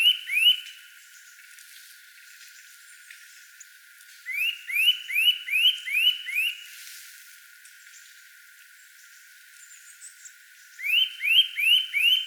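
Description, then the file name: Eurasian nuthatch: two rising whistled notes, then a run of several upslurred whistles, a pause, and a final run of similar notes. "Sitta europaea"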